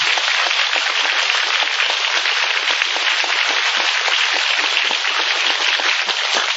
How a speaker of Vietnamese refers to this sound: một tràng pháo tay.